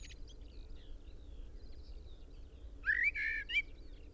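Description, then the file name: Common blackbird gives one quick warbled whistled phrase near the end after faint high background chirps, with a steady low hum. "Turdus merula"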